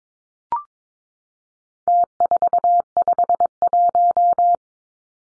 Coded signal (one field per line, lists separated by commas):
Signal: Morse code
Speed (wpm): 22 wpm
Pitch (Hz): 700 Hz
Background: none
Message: T451